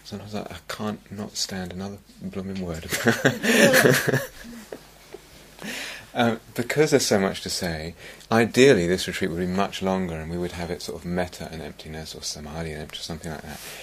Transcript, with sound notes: Sometimes I cannot stand another blooming word. [laughter] Because there's so much to say, ideally this retreat would be much longer, and we would have it sort of mettā and emptiness, or samādhi and emptiness, something like that.